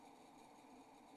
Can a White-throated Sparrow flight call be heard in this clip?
no